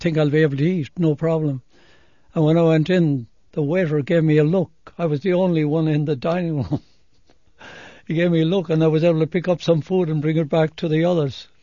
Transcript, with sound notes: I think I'll be able to eat, no problem. And when I went in, the waiter gave me a look. I was the only one in the dining room. (laughs) He gave me a look. And I was able to pick up some food and bring it back to the others.